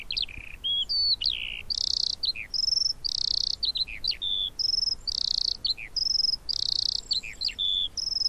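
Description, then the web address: Eurasian skylark song, a high stream of varied chirps, slurred whistles and short buzzy bursts. "Deverinetal"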